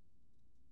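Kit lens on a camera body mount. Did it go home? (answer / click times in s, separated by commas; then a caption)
no / none. A kit lens is handled on a camera body mount, with faint ticking and a steady low rumble. Nothing has seated or clicked yet.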